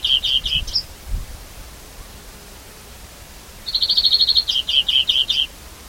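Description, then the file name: European greenfinch with a brief run of ringing notes, then a quick buzzy trill leading into a series of chirping notes. "Chloris chloris"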